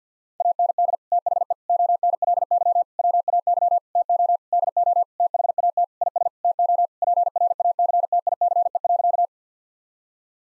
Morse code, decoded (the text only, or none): AND THE ONLY WAY TO DO THAT IS TO PRACTICE.